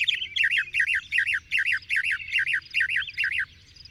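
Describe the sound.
Bird song made of a looping, wavering phrase repeated about three times a second for several seconds, with a low rumbling hum underneath.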